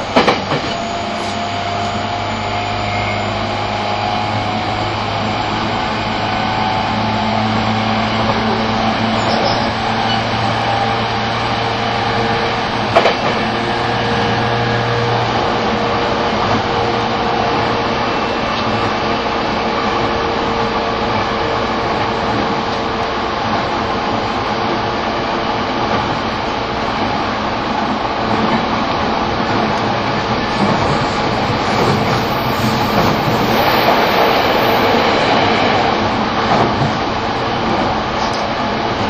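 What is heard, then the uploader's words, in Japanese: Running sound recorded aboard an E231 series Shonan-Shinjuku Line special rapid train: a steady, dense rumble of wheels and motor that holds level for the whole clip. A low hum sounds through the first fifteen seconds, and a brief sharp knock lands around thirteen seconds. E231系 湘南新宿ライン特別快速01 大宮～大船。浦和駅と武蔵小杉駅が未開業時の最速運転時代だった、E231系特別快速を収録したものです。走行音。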